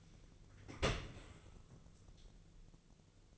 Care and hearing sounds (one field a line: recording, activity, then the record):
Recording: daily activity, microphone in the room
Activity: open dishwasher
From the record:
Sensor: 4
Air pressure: 1001.3 hPa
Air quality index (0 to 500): 182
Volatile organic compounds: 2 ppm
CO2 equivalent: 1297 ppm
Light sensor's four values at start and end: 12/28/11/12 and 12/28/12/12